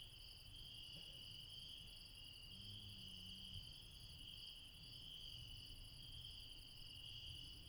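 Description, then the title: Night insects in a steady, dense chorus of high continuous trilling in several bands, with low rumbling noise beneath. Late night in the mountains at Refuge Krevatia, Barbala, Dion, Greece. "Refuge Krevatia, Μπαρμπαλά, Dion 601 00, Greece - Late night mountain insects"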